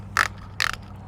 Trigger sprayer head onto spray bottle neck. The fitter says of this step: you can hear that satisfying click of our ratcheting sprayers these were designed just for our bottles